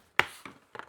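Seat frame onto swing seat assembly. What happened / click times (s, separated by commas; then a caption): The plastic frame snapped into place / 0.2 s. A plastic seat frame for a Graco Soothe My Way swing with removable rocker is pressed so it overlaps onto the seat assembly. It locks into place with a sharp snap at 0.2 s, followed by softer plastic clicks and rubbing around 0.5 s and 0.8 s. The seat frame is seated on the seat.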